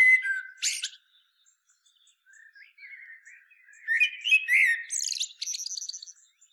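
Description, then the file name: Common blackbird: a fluty opening note and squeak, quiet soft warbling, then a louder whistled phrase finishing in rapid high chatter. "Turdus merula"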